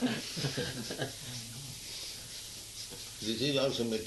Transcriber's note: laughter